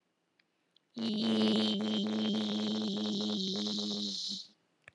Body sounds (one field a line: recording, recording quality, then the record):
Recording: sustained vowel as in beet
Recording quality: moderate, slight background noise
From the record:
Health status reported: healthy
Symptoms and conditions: none ticked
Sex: female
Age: 52 years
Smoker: not ticked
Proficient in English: yes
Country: India